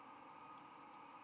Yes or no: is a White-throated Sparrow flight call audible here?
no